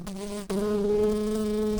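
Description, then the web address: Shrill carder bee buzz, a steady low droning hum with rich harmonics, cut off for a moment early on, then resuming evenly to the end. Queen shrill carder bees. "Sylvarum queens"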